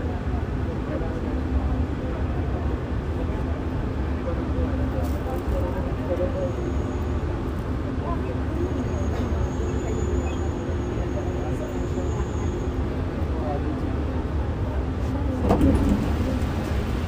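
A steady, dense rumble of a bus ride fills the recording, with a low engine drone and a faint constant hum underneath. Murmured voices drift through the noise, a thin high whine appears around the middle, and a brief clatter stands out near fifteen seconds.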